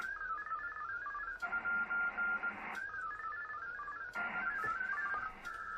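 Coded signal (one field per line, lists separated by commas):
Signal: HF data modem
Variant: VARA HF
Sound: warbling stepped tones trading turns with bursts of wide hissing data and a steady whine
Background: radio static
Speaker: now I'm going to go start and see if I can connect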